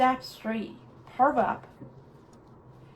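A slide-in battery pack is being handled at the handle of a cordless pressure washer, but nothing has seated or clicked yet. Someone talks over a low steady hum, and a faint short tick comes right at the end, around 3.0 s.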